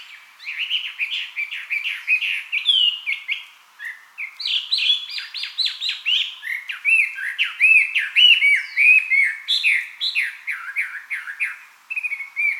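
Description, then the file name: Chinese hwamei song, a long rich run of varied whistled phrases, slurred and repeated notes, barely pausing throughout. Recorded 24 May 2007. "gabityo"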